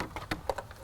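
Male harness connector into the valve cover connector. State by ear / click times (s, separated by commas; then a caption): not seated / none. A male wiring harness connector is handled near the valve cover connector on a 2013–2014 Dodge 6.7L Cummins automatic during a TS Performance Stryker install. Light plastic taps and rattles are heard, the sharpest at about 0.5 s. Nothing has seated or clicked yet.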